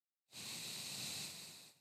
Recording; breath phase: one breath near a microphone; exhalation